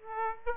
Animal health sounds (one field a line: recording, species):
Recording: mosquito wingbeat signal from an infrared sensor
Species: Aedes aegypti